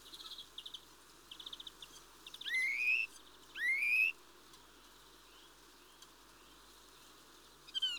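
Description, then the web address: Mistle thrush calls: a few faint rattling bursts, then two loud upslurred whistled notes, and one more brief note at the end. "BBC Sound Effects Library Birds Mistle Thrush (Turdus Viscivorus)"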